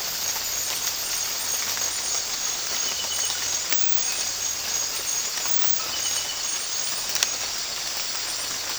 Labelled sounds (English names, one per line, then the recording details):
none
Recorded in dense forest near Puerto Asís, Putumayo, Colombia, on 8 March 2025 at 04:00
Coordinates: 0.484, -76.325
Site G045